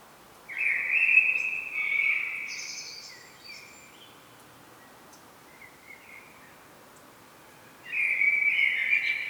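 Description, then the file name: Common blackbird: a fluty, warbled phrase ending in a high twitter, a long quiet gap with faint notes, then another mellow phrase begins. "Turdus merula"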